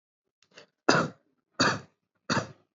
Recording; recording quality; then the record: shallow voluntary cough; excellent, no background noise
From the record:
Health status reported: healthy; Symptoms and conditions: none ticked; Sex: male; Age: 21 years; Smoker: not ticked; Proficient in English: yes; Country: India